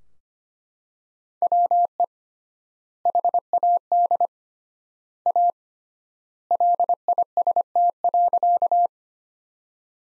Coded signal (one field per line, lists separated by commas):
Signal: Morse code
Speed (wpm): 25 wpm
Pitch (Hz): 700 Hz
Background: none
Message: WE HAD A LIST.